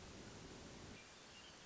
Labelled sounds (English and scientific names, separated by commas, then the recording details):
Hermit Thrush (Catharus guttatus)
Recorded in Sonoma County, California